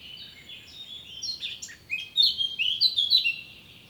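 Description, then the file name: Eurasian blackcap song: a soft scratchy warble that breaks into loud, clear fluting whistles, rising and falling in quick succession. "Sylvia atricapilla"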